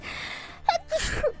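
A single sneeze: a brief voiced intake followed by a sharp, breathy 'choo' burst; an ordinary sneeze.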